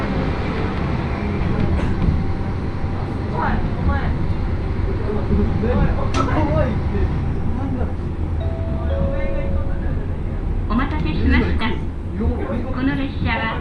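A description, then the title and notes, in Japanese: Inside a crowded one-car railbus on the Akechi Railway, a steady low engine and rail rumble runs the whole time under constant overlapping chatter from passengers, including women's and children's voices. A brief thin squeal rises briefly around the ninth second. 明知鉄道 明智→恵那。１両のレールバスは子供連れや高校生もいるなど一杯で予想外のにぎわいでした。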